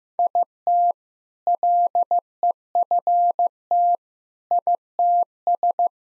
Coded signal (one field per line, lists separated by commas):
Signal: Morse code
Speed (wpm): 15 wpm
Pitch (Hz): 700 Hz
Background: none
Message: IT LEFT ITS